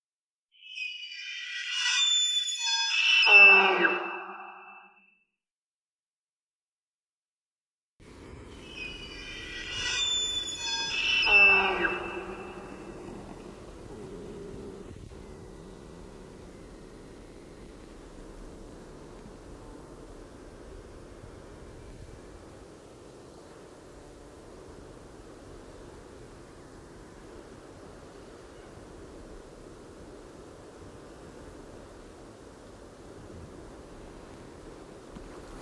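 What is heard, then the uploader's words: A male elk bugles twice, high whistling calls sliding down to grunts near 1 and 9 seconds, then a low steady hiss of forest remains. Roosevelt Elk 03, clean processed and parabolic source. Bugling male in forest glade. Recorded with parabolic.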